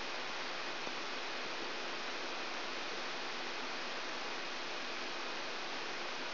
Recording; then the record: brain microelectrode recording played as sound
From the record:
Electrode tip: outside the subthalamic nucleus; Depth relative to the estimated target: -4 mm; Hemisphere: left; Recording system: AlphaMap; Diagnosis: Parkinson's disease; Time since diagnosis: 12 years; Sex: female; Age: 56 years